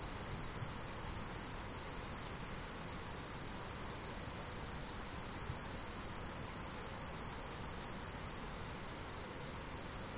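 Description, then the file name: Cricket chirps, rapid and rhythmic, continue unbroken at high pitch over steady background noise. Crickets recorded 17 July 2012 with an MZ-N710 recorder. "mz-n 710 grillons 17 07 2012"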